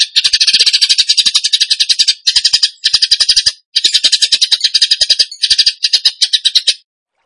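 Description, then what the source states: Bird song in dense, rapid bursts of high rattling notes, separated by brief gaps and ending in silence. Song in the 'tembakan gacor' style, used to train other birds.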